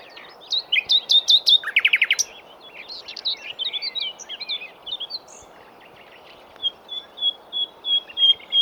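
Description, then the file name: Common nightingale singing: rapid repeated notes and a dense rattling trill, then varied warbles, ending in a slow series of clear whistled notes that swell in volume. "Luscinia megarhynchos"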